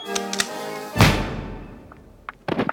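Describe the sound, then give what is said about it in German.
A single sharp gunshot cracks out over a low tonal background, followed by a long decaying echo and a few quieter knocks and taps near the end. “Auf der ziemlich dunklen Promenade ertönte plötzlich im Rücken der beiden Frauen ein Schuss.”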